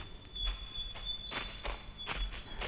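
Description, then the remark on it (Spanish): Footsteps of a small, plump man crunch through dry fallen leaves in a forest in a steady, unhurried rhythm, about seven soft crackling steps, while a thin, constant high-pitched tone hums underneath. “Un ruido de pisadas en la hojarasca lo distrajo, y alzando la cara vio venir hacia él un hombrecillo regordete.”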